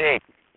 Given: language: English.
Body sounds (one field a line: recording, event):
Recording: throat vibration sensor signal played as sound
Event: speech